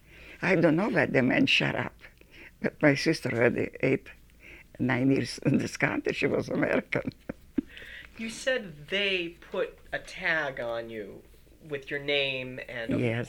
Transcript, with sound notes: I don't know what they meant, "Shut up," but my sister already eight, nine years in this country. She was American. [Laughs]
You said they put a tag on you with your name and —
Yes.